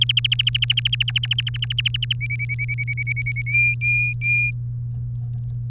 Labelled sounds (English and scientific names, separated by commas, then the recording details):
Domestic Canary (Serinus canaria) song
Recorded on 3 May 2018 at 12:02
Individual llb3